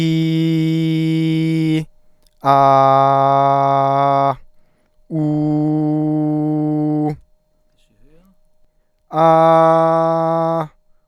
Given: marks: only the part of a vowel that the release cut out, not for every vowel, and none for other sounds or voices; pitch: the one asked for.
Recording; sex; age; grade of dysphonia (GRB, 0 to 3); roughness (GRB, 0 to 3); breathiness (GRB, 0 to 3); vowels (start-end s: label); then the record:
sustained vowels; male; 30 to 39 years; 0; 0; 0
0.00-1.71 s: vowel /i/, normal pitch
2.54-4.25 s: vowel /a/, normal pitch
5.22-7.04 s: vowel /u/, normal pitch
9.23-10.56 s: vowel /a/, high pitch
From the record:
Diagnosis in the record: healthy voice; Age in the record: 34 years